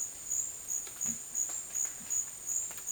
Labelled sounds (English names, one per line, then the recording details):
none
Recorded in dense forest near Puerto Asís, Putumayo, Colombia, on 24 June 2025 at 12:30
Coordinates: 0.484, -76.325
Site H65